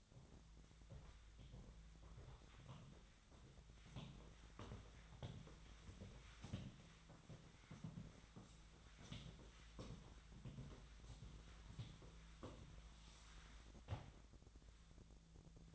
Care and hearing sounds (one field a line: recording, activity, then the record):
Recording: daily activity, microphone in the room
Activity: walk to room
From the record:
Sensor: 3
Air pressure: 1010.2 hPa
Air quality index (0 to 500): 178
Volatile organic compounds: 11 ppm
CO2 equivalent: 2320 ppm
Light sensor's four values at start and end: 43/105/46/49 and 41/101/44/47